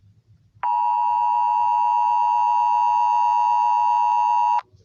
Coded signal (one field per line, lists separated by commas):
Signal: Emergency Alert System (SAME) tones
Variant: 853 and 960 Hz attention tone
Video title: Eas alarms I finally did it